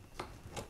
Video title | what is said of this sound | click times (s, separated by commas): [FPV] Je passe tous mes quads sur frame AK47 | on peut mettre le support qui est là, qui vient tout simplement se clipser ici. | 0.2 s